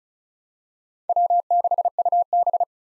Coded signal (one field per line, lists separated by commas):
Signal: Morse code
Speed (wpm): 34 wpm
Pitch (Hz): 700 Hz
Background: none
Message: W6UB